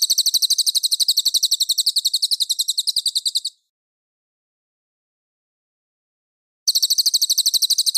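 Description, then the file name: Cililin song: a rapid, high, pulsing trill that runs for over three seconds, stops for about three seconds of silence, then starts again. Clear song. "suara burung cililin jernih"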